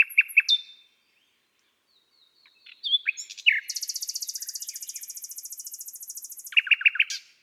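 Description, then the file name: Common nightingale: a few sharp notes, a pause, then a long rapid rattling trill finishing with loud repeated chook notes. "Rossignol philomele Chants doiseaux des bois et des forets"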